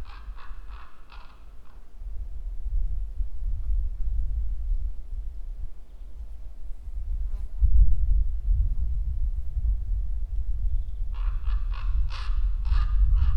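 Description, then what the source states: Common raven giving short bursts of quick, rasping croaks at the start and again near the end, with only low rumble between them. Recorded at Ivanovi Borki.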